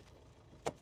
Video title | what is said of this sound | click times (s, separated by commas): How I turned £1600 into £8000 flipping a crashed Mercedes CLA | like that, and then just push it back in, and now that's locked into place. | 0.7 s